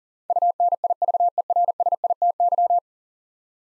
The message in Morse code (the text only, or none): UNIVERSITY